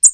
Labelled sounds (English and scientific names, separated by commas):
American Redstart (Setophaga ruticilla) flight call